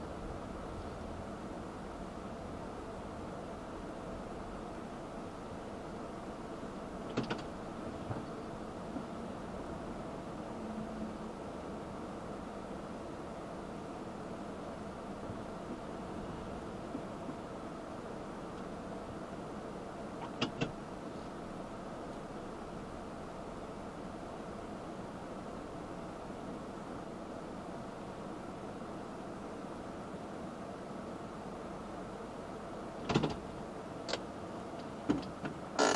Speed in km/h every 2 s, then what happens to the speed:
8, 6, 0, 0, 0, 0, 0, 0, 0, 0, 0, 0, 0, 0, 0, 0, 0, 0.
4-36 standing.